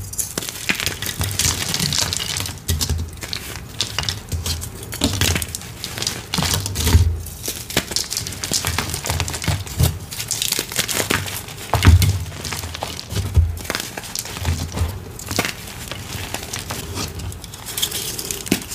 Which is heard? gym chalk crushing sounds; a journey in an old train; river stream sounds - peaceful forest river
gym chalk crushing sounds